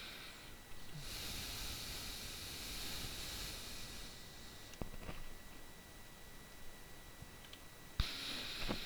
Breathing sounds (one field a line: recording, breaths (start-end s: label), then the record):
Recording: nose breathing near a microphone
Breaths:
0.00-0.79 s: inhalation
0.79-4.60 s: exhalation
7.46-8.86 s: inhalation
From the record:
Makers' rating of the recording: bad